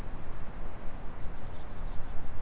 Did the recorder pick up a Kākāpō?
no